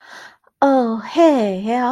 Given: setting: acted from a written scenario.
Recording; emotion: vocal sound without words; sympathy